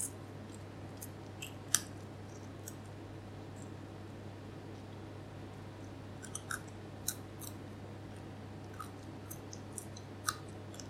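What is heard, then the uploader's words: Someone eats chicken wings, with sharp, crisp clicks of chewing and tearing popping out irregularly, most clustered around two seconds and again from about six to eleven seconds. A steady low hum fills the background. Eating chicken wings. Cooked chicken wings by air fryer, very tasty.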